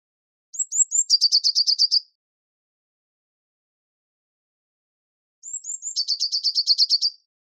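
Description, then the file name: Eurasian blue tit call given twice: a few high sliding whistles followed by a rapid trill of about ten scolding chirps each time. "Cyanistes caeruleus"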